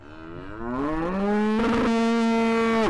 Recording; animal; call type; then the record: contact call of a hoofed animal; cattle; low-frequency (closed-mouth) or high-frequency (open-mouth) call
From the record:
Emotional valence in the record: negative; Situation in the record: full separation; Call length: 2.9 s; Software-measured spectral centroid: 1860 Hz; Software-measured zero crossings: 950 a second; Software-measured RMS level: -23 dBFS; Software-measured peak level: -19 dBFS